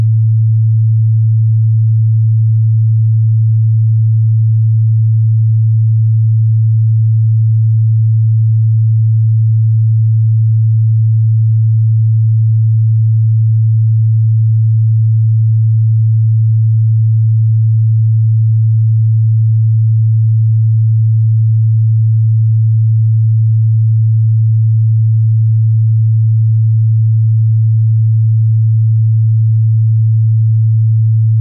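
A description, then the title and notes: A pure 111 Hz tone hums without change for the whole clip. It is a single low, smooth note, perfectly steady in pitch and loudness, with no other sounds around it. Nothing starts, stops or varies from beginning to end. PURE FREQUENCY 111 Hz.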